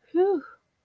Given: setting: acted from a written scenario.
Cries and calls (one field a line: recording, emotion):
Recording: vocal sound without words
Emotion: relief